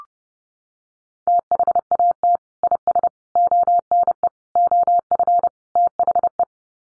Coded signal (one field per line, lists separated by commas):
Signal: Morse code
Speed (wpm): 30 wpm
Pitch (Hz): 700 Hz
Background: none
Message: THAT IS ONE OF THE